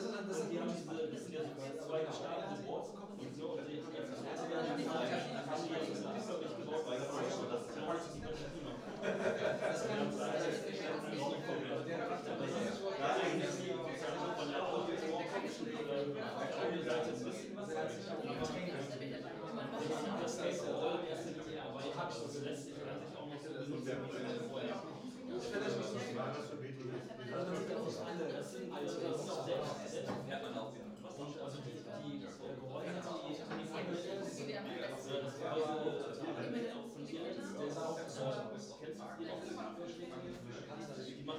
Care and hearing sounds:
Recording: everyday scene through a hearing-aid microphone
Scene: many people talking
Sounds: many voices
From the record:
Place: bistro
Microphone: in the ear canal, right

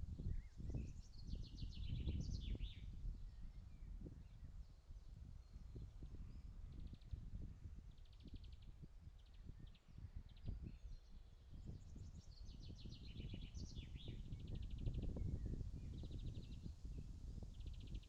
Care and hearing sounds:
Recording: everyday scene through a hearing-aid microphone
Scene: wind on the microphone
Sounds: wind, birds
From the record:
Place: in front of a rural house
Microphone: in the ear canal, left

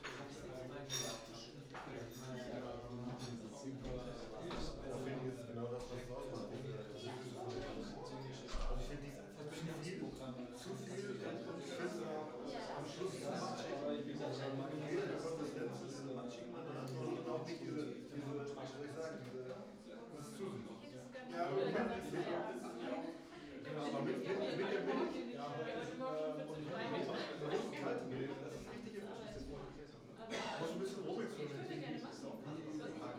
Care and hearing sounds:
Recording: everyday scene through a hearing-aid microphone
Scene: many people talking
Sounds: many voices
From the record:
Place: bistro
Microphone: in the ear canal, right

